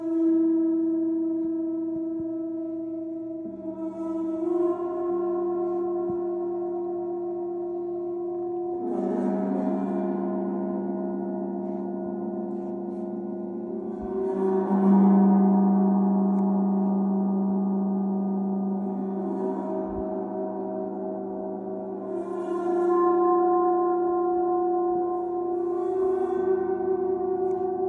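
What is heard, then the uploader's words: A Chiron gong hums with a thick, sustained drone made of layered low and middle tones that waver and beat against each other. It swells again around 9, 15 and 22 seconds as fresh strikes add brighter shimmering overtones, then settles back. Sound Alchemist Julie Jewels Smoot uses the Chiron Gong, also known as the wounded healer. The vibrations of the Chiron Gong.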